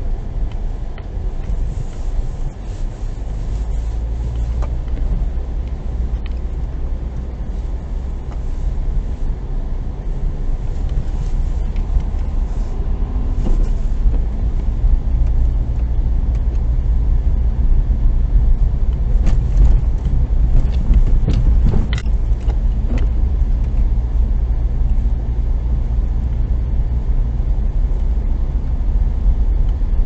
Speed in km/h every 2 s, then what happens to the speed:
13, 16, 18, 18, 19, 20, 25, 27, 27, 26, 26, 26, 27, 28, 29.
0-14 speeds up to 27. 14-30 steady at about 27.